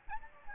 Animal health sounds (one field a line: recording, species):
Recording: mosquito wingbeat signal from an infrared sensor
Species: Aedes albopictus